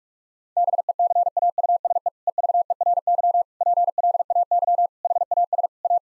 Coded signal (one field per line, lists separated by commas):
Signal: Morse code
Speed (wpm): 42 wpm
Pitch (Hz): 700 Hz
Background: none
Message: BECAUSE EVERY PLAY HAS A